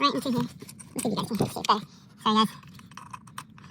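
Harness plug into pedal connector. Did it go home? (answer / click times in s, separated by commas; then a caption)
yes / 3.4 s. The other end of a Pedal Commander harness plug is pushed into the pedal socket while someone talks. A series of small, sharp clicks follows, and the connector clicks into place at about 3.4 s, seated.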